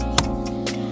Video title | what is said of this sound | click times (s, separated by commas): How To Change Your Vehicle #Carbin #Filter - Eliminate Bad Smell From Your Cabin | that way and then you push it until here click | 0.2 s